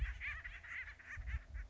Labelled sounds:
Acorn Woodpecker
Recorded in Sonoma County, California

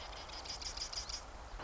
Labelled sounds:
Marsh Wren
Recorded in Sonoma County, California

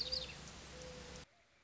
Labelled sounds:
Mourning Dove
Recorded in Sonoma County, California

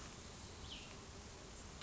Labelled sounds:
Cassin's Vireo
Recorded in Sonoma County, California

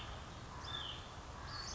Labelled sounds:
Western Flycatcher
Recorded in Sonoma County, California

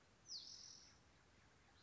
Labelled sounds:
Spotted Towhee
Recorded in Sonoma County, California

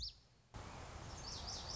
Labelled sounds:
Lazuli Bunting
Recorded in Sonoma County, California

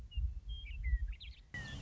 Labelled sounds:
Western Meadowlark
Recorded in Sonoma County, California

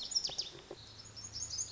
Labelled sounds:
Lazuli Bunting
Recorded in Sonoma County, California

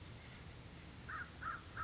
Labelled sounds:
American Crow
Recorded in Sonoma County, California

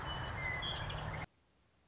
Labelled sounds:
Western Meadowlark
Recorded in Sonoma County, California

